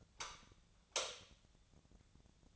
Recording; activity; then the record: daily activity, microphone in the room; light off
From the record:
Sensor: 3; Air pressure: 1000.0 hPa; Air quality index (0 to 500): 123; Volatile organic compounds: 2 ppm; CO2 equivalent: 1101 ppm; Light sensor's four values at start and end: 46/118/50/55 and 44/110/47/52